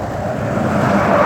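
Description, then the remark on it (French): A Mercedes bus drives by with a steady, broad engine rumble and road hiss that swells slightly louder toward the end; no voices are heard. “Ouais, je savais que c'était un Mercedes.”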